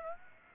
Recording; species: mosquito wingbeat signal from an infrared sensor; Aedes aegypti